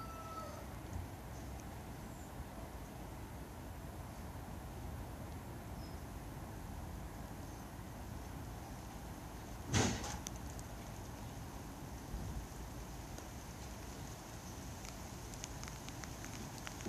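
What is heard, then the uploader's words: City ambience from a garden, a steady murmur, broken near ten seconds by one short, sharp cry like a cat's, then fainter ticks. City sounds and all around recording from my garden.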